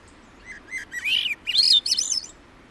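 Swainson's thrush giving a single song phrase: a few low soft notes, then rapid whirling fluty notes climbing steeply in pitch.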